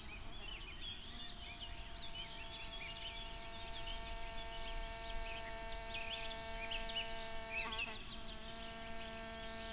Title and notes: Kyjov, Kyjov u Krásné Lípy, Krásná Lípa, okres Děčín, Ústí nad Labem Region, Northwest, 407 47, Czechia - Vosičky a ptáci. Vosičky a ptáci v letním odpoledni